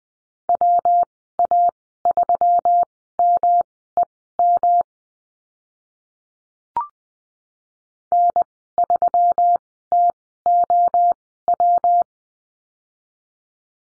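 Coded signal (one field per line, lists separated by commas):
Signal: Morse code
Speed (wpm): 19 wpm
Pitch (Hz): 700 Hz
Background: none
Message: WA3MEM N3TOW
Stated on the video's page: Morse code course lesson on call signs, Farnsworth speed 20/10 wpm.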